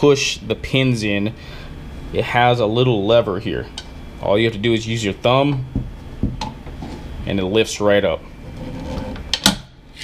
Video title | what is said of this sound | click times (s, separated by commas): (IS IT WORTH IT?) DeWALT DW715 12" SINGLE BEVEL MITER SAW/STAND REVIEW AND TEST | locks into place | 9.3 s, 9.5 s